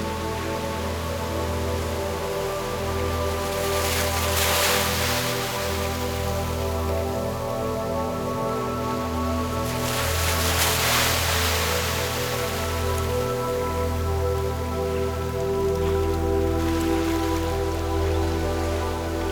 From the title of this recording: Light and Crisp Ocean Waves